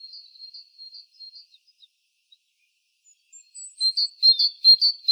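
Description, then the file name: Great tit giving faint high notes, then a burst of louder, quick high calls. "Parus major"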